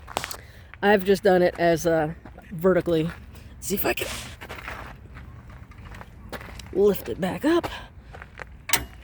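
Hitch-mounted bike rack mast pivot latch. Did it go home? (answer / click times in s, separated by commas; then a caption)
yes / 8.7 s. Someone talks while lifting a tilted-down Yakima HangTight 6 hitch-mounted bike rack with a metal frame back up to vertical, with some soft knocks along the way. The mast's pivot latch clicks sharply into place at 8.7 s, seating the rack upright.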